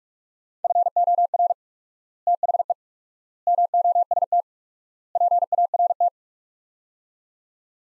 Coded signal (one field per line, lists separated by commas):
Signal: Morse code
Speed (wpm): 46 wpm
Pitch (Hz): 700 Hz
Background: none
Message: FOR THE MOST PART